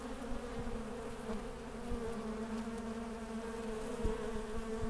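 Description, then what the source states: Bees buzzing in a steady, dense hum with overlapping drones from many insects and slight swells in loudness. Bees swarming around flowers.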